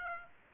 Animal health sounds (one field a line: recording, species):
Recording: mosquito wingbeat signal from an infrared sensor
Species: Aedes aegypti